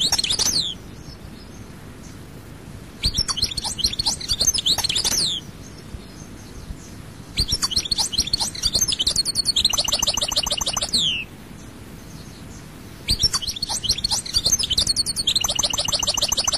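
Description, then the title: European goldfinch song in repeated bursts of bright, rapid twittering and trilled notes, each lasting a few seconds with short gaps between. "Chant Chardonneret"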